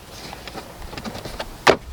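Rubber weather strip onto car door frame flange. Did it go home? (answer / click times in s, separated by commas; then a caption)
yes / 1.7 s. A rubber door weather strip is pressed back onto a car door frame flange after a dash cam wire has been routed behind it. A few soft taps and rustles lead up to a sharp pop at 1.7 seconds as the strip seats in place.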